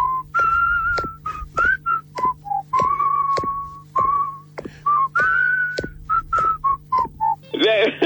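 A whistled melody of the Internationale, with sustained and short notes in a steady march-like rhythm, a few sharp clicks between phrases and a brief burst of noisy sound at the very end.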